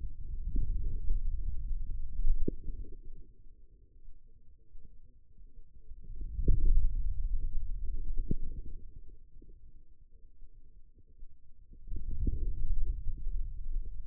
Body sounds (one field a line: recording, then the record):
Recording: forearm muscle sounds (acoustic myography)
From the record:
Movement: hand closing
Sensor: system 2, bracelet of six BSWA MPA416 microphones around the upper forearm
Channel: 4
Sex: male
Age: 22 years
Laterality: right